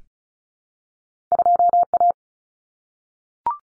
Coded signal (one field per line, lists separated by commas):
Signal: Morse code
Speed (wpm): 34 wpm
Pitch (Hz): 700 Hz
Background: none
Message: 2A